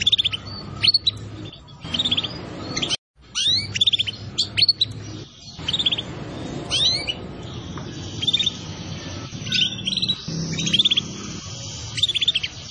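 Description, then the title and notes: Atlantic canary giving short bright chirping bursts, high and clipped, repeated with brief gaps over steady background noise. Song used to lure birds. "Pikat Burung Baru. kenari"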